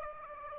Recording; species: mosquito wingbeat signal from an infrared sensor; Aedes aegypti